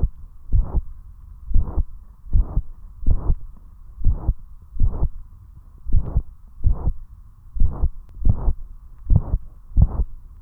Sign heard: Systolic murmur loud.